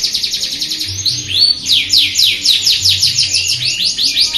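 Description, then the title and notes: Atlantic canary song of rapid, repeated descending sweeps rolled into a continuous high trill, with a faint low hum underneath. Canary song presented as master (tutor) song, termed 'masteran' in Indonesian, for birds to learn from. "Suara Burung Kenari Masteran. master suara burung kenari"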